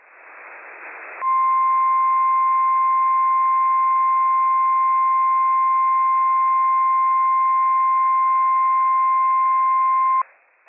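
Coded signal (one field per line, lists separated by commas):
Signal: Emergency Alert System (SAME) tones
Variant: 1050 Hz attention tone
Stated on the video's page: Real operational dust storm warning from the National Weather Service, Spokane, received on weather transmitter WWF56.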